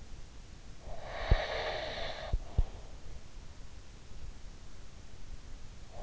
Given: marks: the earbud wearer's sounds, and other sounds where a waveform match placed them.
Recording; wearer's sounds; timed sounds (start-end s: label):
sounds in sleep by an in-ear microphone; breath
0.90-2.75 s: breath